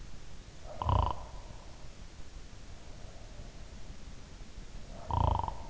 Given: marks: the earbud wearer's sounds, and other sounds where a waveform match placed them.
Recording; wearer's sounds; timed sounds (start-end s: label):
sounds in sleep by an in-ear microphone; snoring breath
0.59-1.47 s: snoring breath
4.88-5.70 s: snoring breath